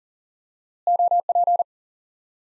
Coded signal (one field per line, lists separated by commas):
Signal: Morse code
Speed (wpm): 37 wpm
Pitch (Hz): 700 Hz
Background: none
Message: OP